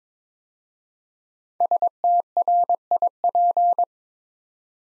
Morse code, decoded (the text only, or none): STRIP